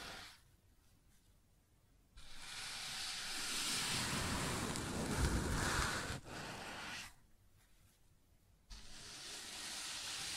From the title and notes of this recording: ASMR Sounds on Wooden Surface (No Talking).